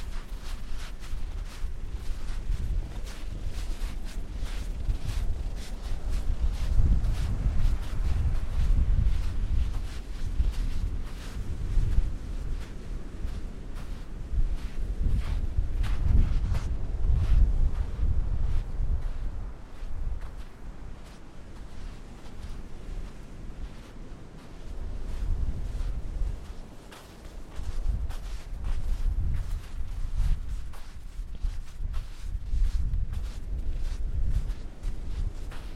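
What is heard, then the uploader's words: Gusty wind buffets the microphone with heavy low rumbles on a beach walk, swelling and easing, over a steady hiss and frequent crackling taps. Windy beach walk. It's autumn and the afternoon sun is low in the sky.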